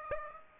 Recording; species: mosquito wingbeat signal from an infrared sensor; Aedes aegypti